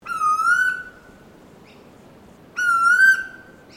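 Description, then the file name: Bird calling with a loud, drawn-out whistled note that rises slightly and is rich in overtones, given twice about two and a half seconds apart. A brief faint higher note follows each one. Recorded at Noosa; species unidentified. "BIRD UNKNOWN NOOSA CALL"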